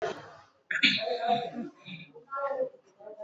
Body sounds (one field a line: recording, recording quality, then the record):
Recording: sustained vowel as in made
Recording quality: poor, much background noise or distortion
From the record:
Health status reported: exposed to COVID-19, no respiratory illness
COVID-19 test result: negative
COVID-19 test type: RT-PCR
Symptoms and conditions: cold, fever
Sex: female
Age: 24 years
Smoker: no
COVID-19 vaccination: one dose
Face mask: worn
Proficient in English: yes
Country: India